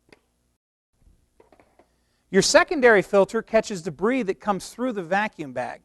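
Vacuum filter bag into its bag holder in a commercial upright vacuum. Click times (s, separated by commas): 0.1 s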